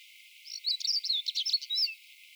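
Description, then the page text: Siberian stonechat giving a quick series of high, scratchy chirps and short twittering notes, clustered over about a second and a half. Recorded in Ladakh. "siberian stonechat – Birds of Ladakh"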